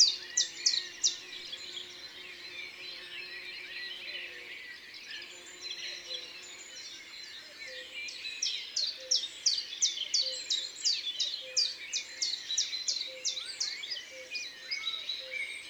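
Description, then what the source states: Common chiffchaff song of repeated high, falling notes, building from the middle onward over a busy chorus of other birds. Recorded in Isère, France.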